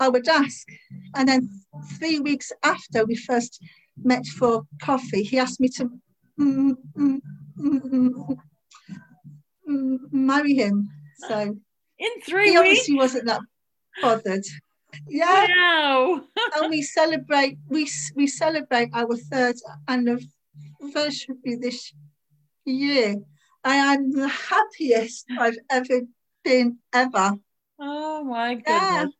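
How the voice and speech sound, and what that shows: A woman in her late fifties speaks with a long silent block, stretched sounds and repeated words and syllables, typical of stuttering. She has stammered since about age 3; it was very bad in her youth, is easier to manage now, and worsens when she is anxious.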